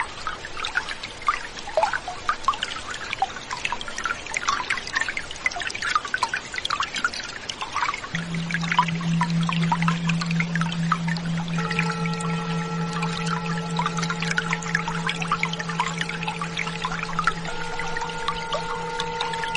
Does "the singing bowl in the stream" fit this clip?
yes